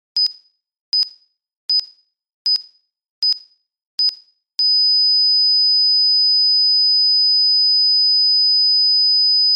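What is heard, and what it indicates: A heart monitor beeps in a steady rhythm of about 78 beats per minute with short, high-pitched tones. After six beeps the sound turns into one continuous, unbroken tone that holds to the end.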